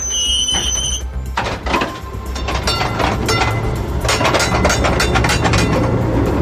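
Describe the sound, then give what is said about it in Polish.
A vintage 1949 Type N tram on line W in Warsaw, Poland, on Easter Monday, rumbles along rails with a steady low roar, metallic clatter and creaking, and a high wheel squeal at the start that fades after the first second. “Tradycyjnie w wielkanocny poniedziałek na tory w Warszawie wyjechały tramwaje linii W. Zabytkowe pojazdy kursują na trasie osiedle Górczewska-Kielecka do 18.”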